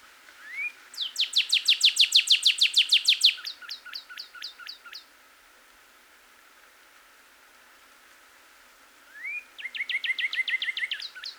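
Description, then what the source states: Cardinal song: a rising slur, then a fast run of sharp down-slurred notes that slows and fades; after a pause, a second rising note opens another rapid series. Recorded on 26 April 2019.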